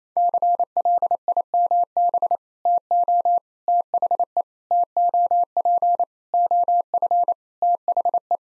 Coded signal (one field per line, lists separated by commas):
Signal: Morse code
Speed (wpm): 27 wpm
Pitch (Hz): 700 Hz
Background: none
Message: CLIMB TO THE TOP OF THE